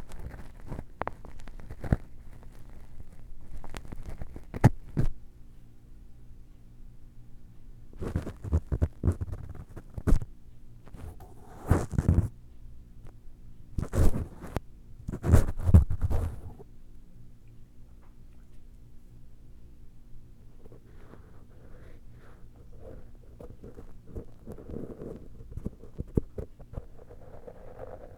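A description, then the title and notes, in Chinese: Ear cleaning with different tools, recorded against a steady low hum. Sharp scraping and rubbing bursts come in clusters, densest between about 8 and 17 seconds, then give way to softer, quieter rustling and scratching toward the end. 嘗試用不同工具掏耳朵。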